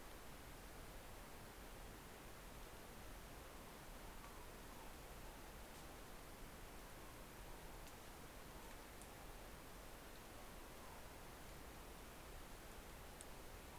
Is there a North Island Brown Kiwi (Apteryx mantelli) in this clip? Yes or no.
no